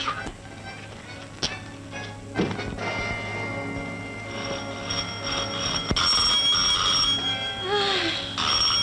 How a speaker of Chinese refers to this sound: 电话又嚟啦，你听唔听啫？ 仲敢听咧？咪由得佢冷咯。